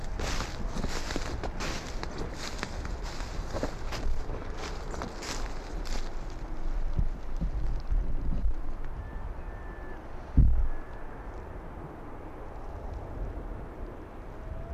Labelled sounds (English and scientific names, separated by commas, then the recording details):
Arctic Fox (Vulpes lagopus)
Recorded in the wild
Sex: female
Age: adult
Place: Insel Mednyi, Kommandeur-Inseln, RU
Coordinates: 54.5167, 168.083
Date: 1999-06-26 17:32
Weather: 8°C, kein Nebel, leichter Westwind
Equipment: Sony WM-D6C, Sennheiser ME 80, Windkorb, Kopie Sony TCD-D8
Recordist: Jakupi, Antje
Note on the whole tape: Südosten der Insel, Beobachtung der Südhöhle: Wechselbellen von Fähe weiss/gelb 33 und Tier auf dem Nordwestgrat. Entfernung zu Fähe weiss/gelb ca. 40 m. Fähe weiss/gelb z.T. sehr gut